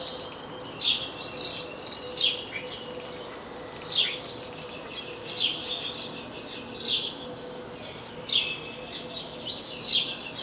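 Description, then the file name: House sparrow calls, bright chirps repeated irregularly, a couple of thin high notes in between, steady background hum. "Passer domesticus"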